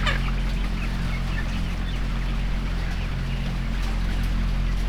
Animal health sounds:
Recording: poultry house recording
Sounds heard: sick chickens (respiratory disease)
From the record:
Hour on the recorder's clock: 14

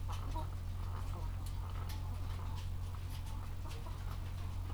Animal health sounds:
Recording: poultry house recording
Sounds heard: sick chickens (respiratory disease)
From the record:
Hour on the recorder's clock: 14

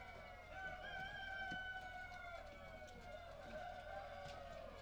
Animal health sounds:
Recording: poultry house recording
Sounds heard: healthy chickens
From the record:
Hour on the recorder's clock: 18

